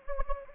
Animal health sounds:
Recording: mosquito wingbeat signal from an infrared sensor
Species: Anopheles gambiae

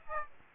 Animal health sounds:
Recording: mosquito wingbeat signal from an infrared sensor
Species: Aedes aegypti

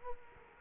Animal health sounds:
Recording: mosquito wingbeat signal from an infrared sensor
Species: Culex quinquefasciatus

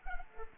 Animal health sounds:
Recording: mosquito wingbeat signal from an infrared sensor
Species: Culex pipiens

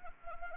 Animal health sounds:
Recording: mosquito wingbeat signal from an infrared sensor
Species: Anopheles arabiensis

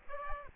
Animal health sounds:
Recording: mosquito wingbeat signal from an infrared sensor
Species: Aedes aegypti

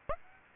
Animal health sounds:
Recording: mosquito wingbeat signal from an infrared sensor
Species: Aedes aegypti

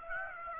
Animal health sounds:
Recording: mosquito wingbeat signal from an infrared sensor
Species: Aedes aegypti

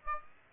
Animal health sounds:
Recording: mosquito wingbeat signal from an infrared sensor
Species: Aedes aegypti

